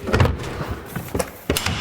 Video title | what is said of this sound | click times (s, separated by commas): 35 Inch Tires Don't Rub! 4th Gen Tacoma Modifications | it snaps into place so when I traveled through like Arkansas in the midwest recently on a long trip I did put padlocks on these | 1.5 s, 1.6 s